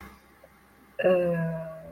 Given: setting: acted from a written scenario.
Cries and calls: vocal sound without words; embarrassment

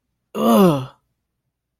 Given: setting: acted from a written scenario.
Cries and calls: vocal sound without words; disgust

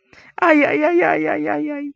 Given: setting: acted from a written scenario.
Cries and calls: vocal sound without words; pain

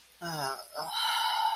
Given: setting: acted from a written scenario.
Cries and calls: vocal sound without words; guilt

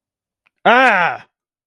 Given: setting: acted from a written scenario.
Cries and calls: vocal sound without words; anger

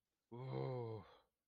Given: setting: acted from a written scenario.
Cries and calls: vocal sound without words; anger

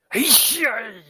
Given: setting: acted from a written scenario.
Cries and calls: vocal sound without words; disgust

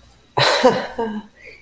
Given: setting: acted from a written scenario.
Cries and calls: vocal sound without words; negative surprise

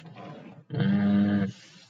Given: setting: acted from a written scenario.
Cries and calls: vocal sound without words; neutral

